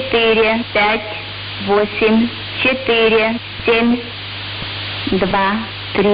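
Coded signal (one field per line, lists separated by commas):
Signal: numbers station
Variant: S06s, Russian female voice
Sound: a female voice reading short, evenly spaced words through crackling radio noise and hum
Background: radio static, hum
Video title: 25 01 2022 Number station S06s Russian Lady in Russian to Eu 0730 on 7410 unknown tx site in CUSB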